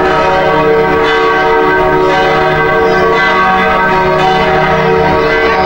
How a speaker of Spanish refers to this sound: Cuando las campanas de la vieja catedral marcaron las 5 de la mañana, cuando empezaba a amanecer